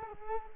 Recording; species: mosquito wingbeat signal from an infrared sensor; Culex quinquefasciatus